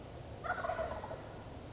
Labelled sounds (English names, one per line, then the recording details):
Wild Turkey
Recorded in Sonoma County, California